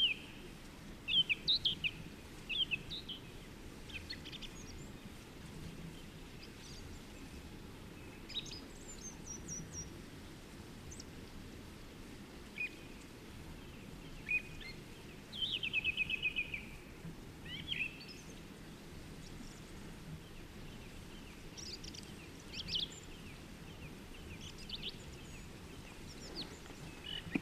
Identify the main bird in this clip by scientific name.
Turdus philomelos